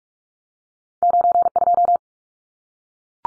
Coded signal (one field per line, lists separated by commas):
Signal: Morse code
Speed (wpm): 44 wpm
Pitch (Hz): 700 Hz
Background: none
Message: 92